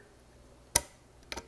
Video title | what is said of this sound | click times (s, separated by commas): AMD Ryzen Threadripper Install Tips and Tricks - Socket TR4 | hear that click so | 0.8 s